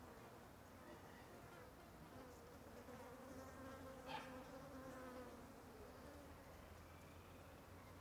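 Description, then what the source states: Fly: many flies buzzing together in a steady drone, with one brief louder sound midway. An ambience of many flies flying over something.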